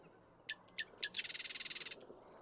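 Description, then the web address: Marsh Wren song: three separate sharp ticking notes, then a quick, even, machine-gun rattle of buzzy notes. "birdsongforthecurious Marsh Wren"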